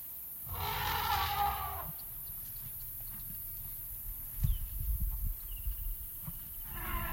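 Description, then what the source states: African elephant giving a harsh, brassy trumpet lasting over a second, over a steady low rumbling background, followed by a thin whistled tone and scattered knocks. Recorded in Kruger.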